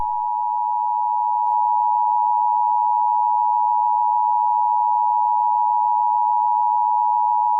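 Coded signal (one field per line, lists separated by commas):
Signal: Emergency Alert System (SAME) tones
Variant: 853 and 960 Hz attention tone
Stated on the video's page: Real EAS broadcast interrupting a commercial break.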